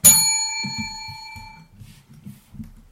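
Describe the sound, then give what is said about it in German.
A single bright, high-pitched notification bell chime, signalling that a reply has arrived, strikes sharply and rings out for over a second before fading, while low, soft voices murmur underneath. “Bing. Hat geklingelt, deine Antwort.”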